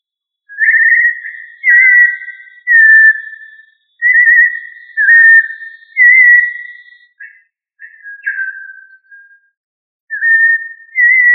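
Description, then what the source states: Thrush giving a series of mellow whistled notes and slurs, roughly one phrase per second, pausing briefly before resuming. Family Turdidae; called sabiá.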